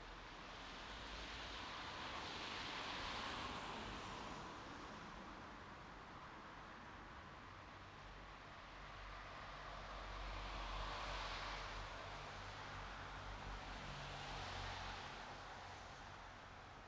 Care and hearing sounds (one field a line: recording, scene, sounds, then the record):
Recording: everyday scene through a hearing-aid microphone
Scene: in traffic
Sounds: traffic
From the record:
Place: bus stop on a city main road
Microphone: in the ear canal, right